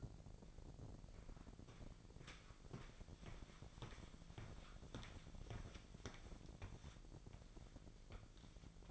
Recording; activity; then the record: daily activity, microphone in the room; walk to room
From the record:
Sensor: 5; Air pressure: 1012.3 hPa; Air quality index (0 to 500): 241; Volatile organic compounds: 4 ppm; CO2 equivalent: 1599 ppm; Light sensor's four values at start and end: 59/137/57/61 and 62/128/60/69